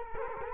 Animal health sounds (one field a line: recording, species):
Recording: mosquito wingbeat signal from an infrared sensor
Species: Culex quinquefasciatus